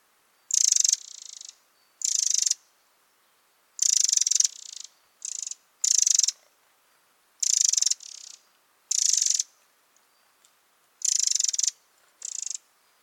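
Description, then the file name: Eurasian wren giving dry, rattling churrs, short bursts repeated irregularly, loud harsh rattles alternating with softer, thinner ones, in otherwise quiet surroundings. "Troglodytes troglodytes"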